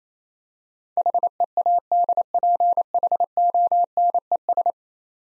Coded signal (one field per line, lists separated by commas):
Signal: Morse code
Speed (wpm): 28 wpm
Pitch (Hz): 700 Hz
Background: none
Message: HEADPHONES